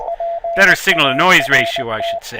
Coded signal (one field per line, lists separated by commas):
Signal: Morse code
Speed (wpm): 20 wpm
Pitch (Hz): 680 Hz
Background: speech, radio noise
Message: PART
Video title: CW Passband Experiment